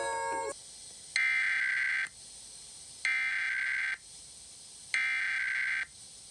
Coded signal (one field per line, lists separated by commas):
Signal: Emergency Alert System (SAME) tones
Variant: header bursts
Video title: Emergency Alert System Test Warning April 27, 2022